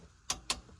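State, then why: Torque reached. A click-type torque wrench set to 38 foot-pounds tightens the differential drain plug on a 5th-generation Toyota 4Runner during a differential fluid change. Two sharp, bright metallic clicks ring out at 0.3 s and 0.5 s over a quiet background, showing the wrench has reached its torque setting.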